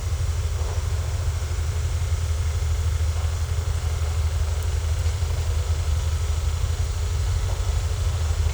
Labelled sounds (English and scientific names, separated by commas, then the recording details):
none
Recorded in secondary vegetation near Puerto Asís, Putumayo, Colombia, on 18 December 2024 at 13:30
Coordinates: 0.468, -76.324
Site G095